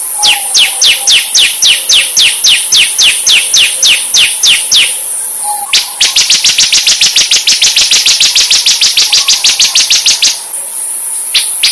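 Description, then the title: Bird song: steady rows of sharp chipping notes, shifting into a faster, denser series before ending with scattered single notes. "SuaraBurung Kicau9"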